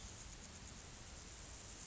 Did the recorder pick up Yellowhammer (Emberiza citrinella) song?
no